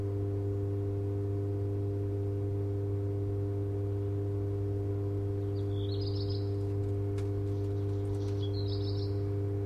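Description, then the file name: Black redstart singing two brief scratchy, jangling phrases a few seconds apart, with a faint crackle between them, all over a continuous low mechanical hum. Singing on Leyendeckerstrasse, Cologne, Germany, beside a humming electrical transformer box. "Brummender Trafokasten und singender Hausrotschwanz in der Leyendeckerstrasse"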